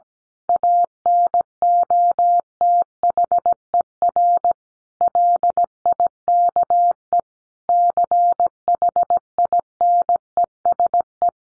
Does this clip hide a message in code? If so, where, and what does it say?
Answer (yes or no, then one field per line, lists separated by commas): yes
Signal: Morse code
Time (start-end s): 0.5-11.3 s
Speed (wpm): 17 wpm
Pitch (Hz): 700 Hz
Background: none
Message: ANOTHER LIKE CHINESE